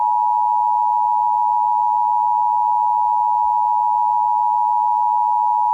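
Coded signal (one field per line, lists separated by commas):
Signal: Emergency Alert System (SAME) tones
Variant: 853 and 960 Hz attention tone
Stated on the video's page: A fictional, staged short EAS scenario.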